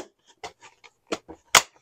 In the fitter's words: click into place make sure it's seated completely and